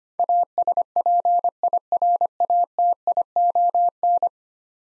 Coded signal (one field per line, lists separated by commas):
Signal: Morse code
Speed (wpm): 25 wpm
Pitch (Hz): 700 Hz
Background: none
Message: ASPIRATION